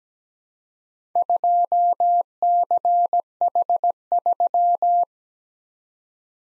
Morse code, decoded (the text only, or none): 2CH3